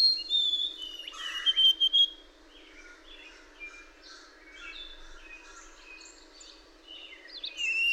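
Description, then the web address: Bird singing a lively run of high whistles and quick chirping notes, loud at first, then a softer twittering passage before rising again at the end. "birdsong 17"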